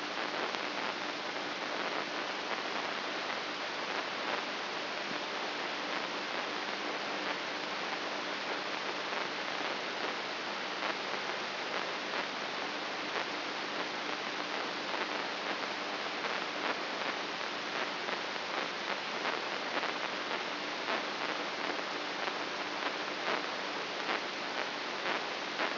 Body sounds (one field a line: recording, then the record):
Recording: brain microelectrode recording played as sound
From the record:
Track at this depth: inside the subthalamic nucleus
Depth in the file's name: 5.083 mm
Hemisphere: left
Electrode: 3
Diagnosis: Parkinson's disease